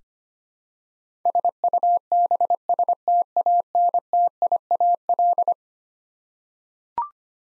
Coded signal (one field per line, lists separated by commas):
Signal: Morse code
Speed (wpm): 25 wpm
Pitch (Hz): 700 Hz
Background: none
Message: SUBSTANTIAL